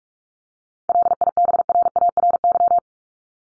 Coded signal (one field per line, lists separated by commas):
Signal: Morse code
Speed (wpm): 44 wpm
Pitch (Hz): 700 Hz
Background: none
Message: LIBRARY